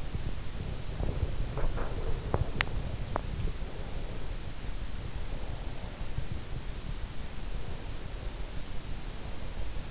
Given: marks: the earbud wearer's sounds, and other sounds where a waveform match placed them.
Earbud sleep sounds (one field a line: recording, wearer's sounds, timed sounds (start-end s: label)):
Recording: sounds in sleep by an in-ear microphone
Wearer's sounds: body movement, teeth grinding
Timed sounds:
0.00-4.26 s: body movement
1.93-3.27 s: teeth grinding